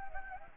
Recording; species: mosquito wingbeat signal from an infrared sensor; Anopheles gambiae